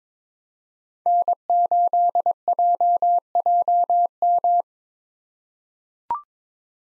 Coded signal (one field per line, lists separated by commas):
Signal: Morse code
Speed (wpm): 22 wpm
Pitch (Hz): 700 Hz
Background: none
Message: N8JJM